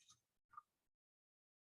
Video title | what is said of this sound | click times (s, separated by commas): Case Furniture and Sink with Tina | You hear that click? That was the door going into the slot. | 0.6 s